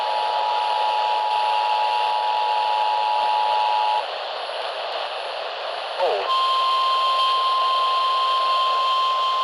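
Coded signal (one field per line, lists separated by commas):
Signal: Emergency Alert System (SAME) tones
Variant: 853 and 960 Hz attention tone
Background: speech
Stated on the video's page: Alerts received by late-night AM DX reception of distant broadcast stations, also relayed via a station's stream.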